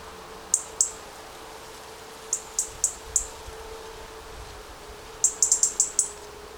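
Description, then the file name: European robin uttering high, clipped tick notes, a pair, then four spaced ticks, then a rapid run of about six. "Erithacus rubecula"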